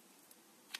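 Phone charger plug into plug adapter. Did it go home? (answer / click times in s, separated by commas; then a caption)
no / none. A phone charger's plug is tried in a plug adapter to check whether it fits and snaps in securely. Only faint ticks are heard, around 0.3 s and 0.8 s. The plug does not latch into the adapter, and nothing has seated or clicked.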